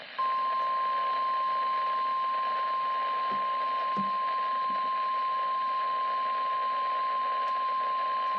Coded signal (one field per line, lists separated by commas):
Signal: Emergency Alert System (SAME) tones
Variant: 1050 Hz attention tone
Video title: EAS#16-17 Required Weekly Tests first alert on the wx-67